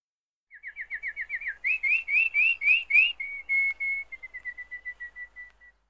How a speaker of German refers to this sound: Bald stehe ich mitten in einem Wald und von der Landstraße sehe ich nichts mehr. Wo bin ich? Niemand ist zu sehen. Ich höre nur die Vögel singen.